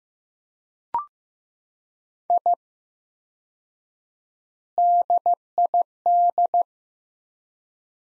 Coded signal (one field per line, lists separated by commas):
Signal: Morse code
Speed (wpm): 15 wpm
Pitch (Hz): 700 Hz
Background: none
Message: I DID